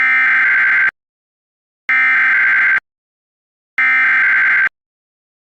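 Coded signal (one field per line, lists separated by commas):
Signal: Emergency Alert System (SAME) tones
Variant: header bursts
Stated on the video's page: Fictional EAS scenario, simulated alert.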